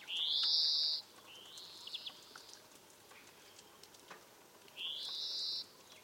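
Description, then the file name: European greenfinch giving long drawn-out rising wheezes, three nasal notes with quiet gaps between them. "Chloris chloris"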